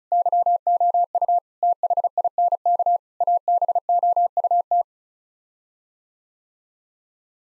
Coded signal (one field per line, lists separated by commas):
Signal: Morse code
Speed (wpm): 34 wpm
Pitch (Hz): 700 Hz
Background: none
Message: YOU THINK ABOUT